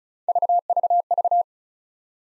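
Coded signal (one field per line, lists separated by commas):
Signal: none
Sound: video's intro beeps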